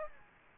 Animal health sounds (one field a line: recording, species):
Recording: mosquito wingbeat signal from an infrared sensor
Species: Anopheles gambiae